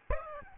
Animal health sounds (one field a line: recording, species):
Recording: mosquito wingbeat signal from an infrared sensor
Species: Aedes albopictus